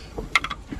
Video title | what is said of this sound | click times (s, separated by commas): MATSURI PREP 2021 -- Rise to slide, A1 supercheap tyres, Soo keen ! 😄 | it clicks in just | 0.4 s